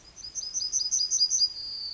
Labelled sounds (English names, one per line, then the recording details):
Yellowhammer song
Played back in forest
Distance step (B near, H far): D
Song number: 110